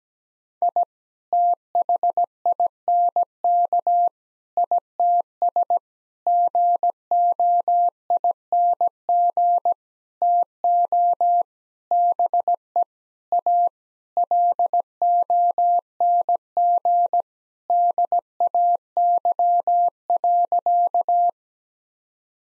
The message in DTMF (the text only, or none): none